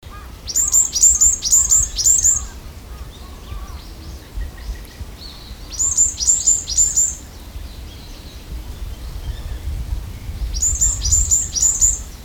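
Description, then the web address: Varied tit: a high, thin run of several quick repeated notes, given three times with pauses between, over a low rumbling background. "oto yamagara"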